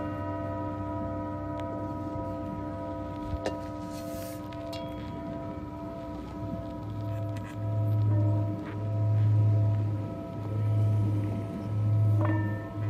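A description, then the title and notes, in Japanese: A singing bowl hums with a steady, layered ring of sustained tones that hold through the whole clip. From about six seconds a low pulsing throb swells in and out roughly every one and a half seconds, with a few faint clicks scattered earlier. 秋分メキシコから シンギングボウルのサウンドヒーリング。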